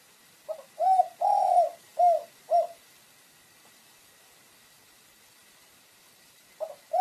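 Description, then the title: Pigeon song, a series of soft hooting coos with one drawn-out note, then silence until a new phrase begins at the very end. "Canto Da Pomba"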